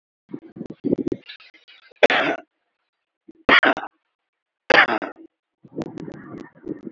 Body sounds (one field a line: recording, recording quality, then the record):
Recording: shallow voluntary cough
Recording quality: excellent, no background noise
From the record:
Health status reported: exposed to COVID-19, no respiratory illness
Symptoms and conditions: hypertension, diabetes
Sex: male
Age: 46 years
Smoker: not ticked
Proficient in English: yes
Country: India